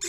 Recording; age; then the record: pig call; weaner (32 to 43 days)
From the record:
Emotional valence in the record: negative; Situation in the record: novel object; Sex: female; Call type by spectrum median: high-frequency call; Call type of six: high-frequency stable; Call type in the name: high-frequency stable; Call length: 0.08 s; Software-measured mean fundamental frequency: 317 Hz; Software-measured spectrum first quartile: 2400 Hz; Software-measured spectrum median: 5445 Hz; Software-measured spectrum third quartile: 7196 Hz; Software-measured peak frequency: 7240 Hz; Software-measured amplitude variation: 49 dB a second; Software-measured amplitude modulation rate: 12.0 a second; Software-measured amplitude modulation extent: 4.1 dB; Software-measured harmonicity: 4.0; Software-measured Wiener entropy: -2.13